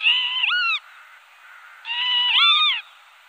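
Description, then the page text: Northern lapwing calling twice, each a drawn-out wheezy note that bends upward then slides down, the two calls about two seconds apart. "Голоса птиц Европы Чибис"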